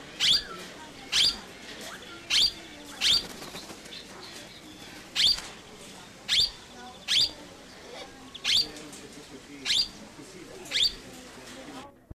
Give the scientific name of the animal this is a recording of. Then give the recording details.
Psittacula cyanocephala. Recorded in captivity. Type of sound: call. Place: Vogelpark Walsrode, Niedersachsen, DE. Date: 1986-07-09. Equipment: Halbspur, 9,5 cm/s. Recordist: Lütgens, Hans. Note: Rufe